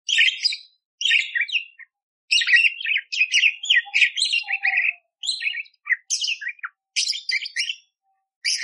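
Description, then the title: Budgerigar warbling song: dense, fast chattering runs of buzzy chirps and squeaks. The phrases come in near-continuous bursts separated by short gaps. Masteran training song for magpie-robins (kacer); clear, constantly singing (gacor) bird with rough 'tembakan' (shot) fill phrases. "Masteran Burung Parkit Gacor Jernih Isian Tembakan Kasar Cocok Buat Kacer"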